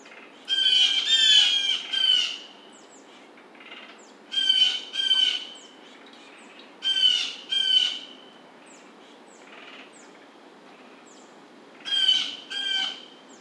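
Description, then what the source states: Blue jay giving harsh, squawking jay calls in paired bursts every few seconds, with faint high chips and quiet background between bursts. Recorded 2009-07-27.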